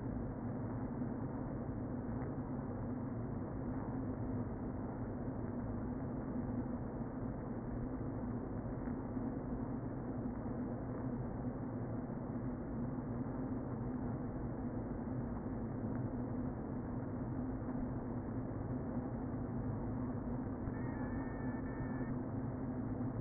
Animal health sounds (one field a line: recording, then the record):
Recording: honeybee colony, microphone inside the hive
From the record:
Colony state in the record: queen present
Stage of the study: before two queens were removed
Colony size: about 60,000 bees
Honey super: yes